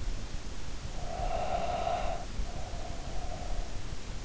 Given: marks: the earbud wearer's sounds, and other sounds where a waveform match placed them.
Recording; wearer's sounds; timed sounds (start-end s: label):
sounds in sleep by an in-ear microphone; breath
0.64-3.83 s: breath